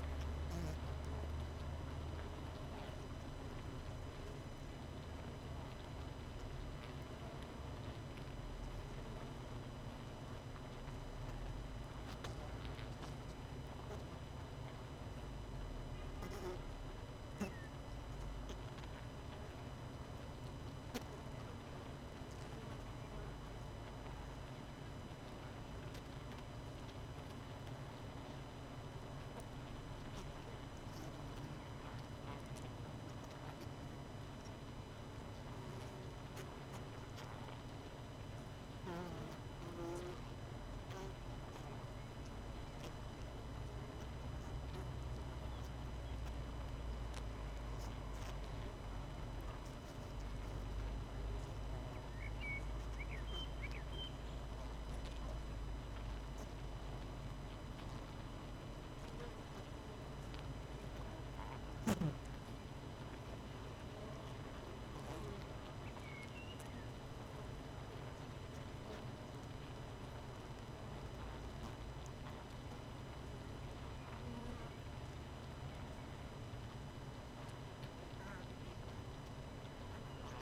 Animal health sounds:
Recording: honeybee colony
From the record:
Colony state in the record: missing queen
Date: 31 May 2018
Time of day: 18:42

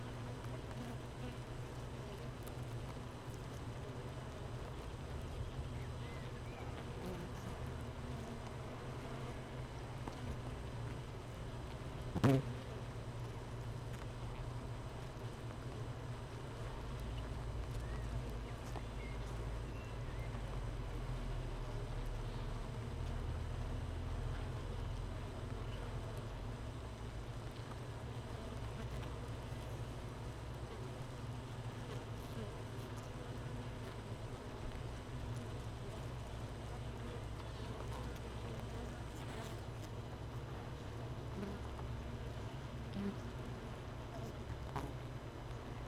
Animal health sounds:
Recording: honeybee colony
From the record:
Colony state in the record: missing queen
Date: 31 May 2018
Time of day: 15:00

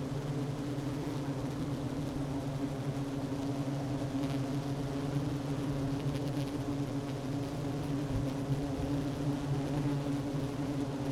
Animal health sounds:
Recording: honeybee colony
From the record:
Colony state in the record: active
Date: 12 June 2018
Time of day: 11:19

